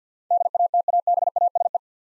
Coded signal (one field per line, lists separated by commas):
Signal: Morse code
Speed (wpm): 50 wpm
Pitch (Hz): 700 Hz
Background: none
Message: DATABASE